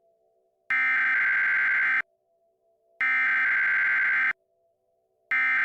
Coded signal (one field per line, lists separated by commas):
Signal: Emergency Alert System (SAME) tones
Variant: header bursts